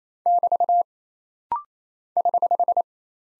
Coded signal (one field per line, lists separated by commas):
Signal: Morse code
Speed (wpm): 28 wpm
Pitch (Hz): 700 Hz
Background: none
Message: <BT> <HH>